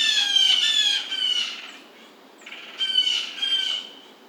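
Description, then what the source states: Blue jay uttering loud, raspy squawking notes, a run of several at the start and another burst near three seconds. Recorded 27 July 2009.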